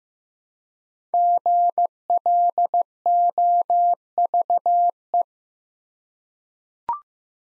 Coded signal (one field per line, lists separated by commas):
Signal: Morse code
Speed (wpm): 15 wpm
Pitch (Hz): 700 Hz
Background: none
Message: GLOVE